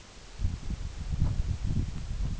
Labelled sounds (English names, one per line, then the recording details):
none
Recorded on Arctic tundra, site UTQI-8, on 9 June 2019
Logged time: 18:00